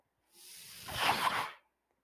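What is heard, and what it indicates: A single soft, airy whoosh lasts about 1.3 seconds, building in loudness and then fading quickly. It is the hiss of a mechanical ventilator delivering one breath of air.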